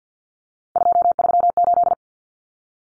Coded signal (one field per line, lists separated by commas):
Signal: Morse code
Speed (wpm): 50 wpm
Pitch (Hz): 700 Hz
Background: none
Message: 238